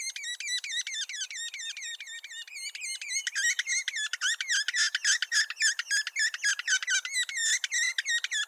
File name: Red-naped Sapsucker - Sphyrapicus nuchalis